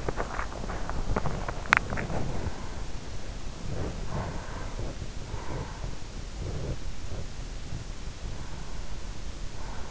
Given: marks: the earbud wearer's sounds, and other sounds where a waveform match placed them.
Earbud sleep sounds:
sounds in sleep by an in-ear microphone; teeth grinding, swallowing
0.00-1.33 s: teeth grinding
1.48-2.57 s: swallowing

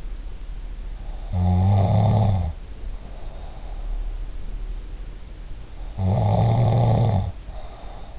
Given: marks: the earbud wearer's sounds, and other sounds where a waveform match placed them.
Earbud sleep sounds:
sounds in sleep by an in-ear microphone; snoring breath
0.94-4.05 s: snoring breath
5.65-8.19 s: snoring breath

